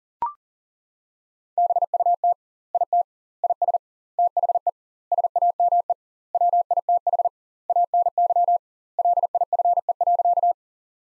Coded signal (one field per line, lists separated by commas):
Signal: Morse code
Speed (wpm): 37 wpm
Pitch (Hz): 700 Hz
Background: none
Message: BUT IT IS THE SAME WITH ANY LIFE.